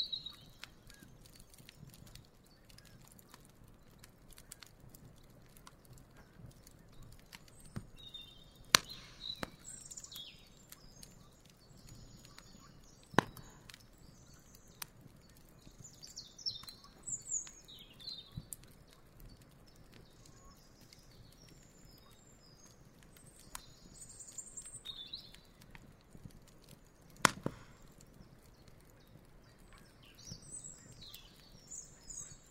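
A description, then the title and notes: A campfire crackles on a lakeshore, with frequent small pops and a few sharp louder snaps around the middle and near the end. Bright bird calls flit in and out in the background, over a low, steady rumble of the surroundings. Campfire by a lake. Then share the relaxing sounds of a campfire on the shores of a lake.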